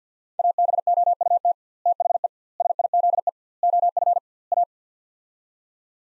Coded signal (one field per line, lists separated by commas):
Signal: Morse code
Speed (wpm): 50 wpm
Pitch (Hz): 700 Hz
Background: none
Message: ABOUT THE SIZE OF A